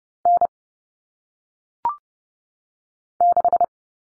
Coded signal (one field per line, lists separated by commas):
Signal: Morse code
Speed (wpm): 30 wpm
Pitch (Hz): 700 Hz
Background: none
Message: N 6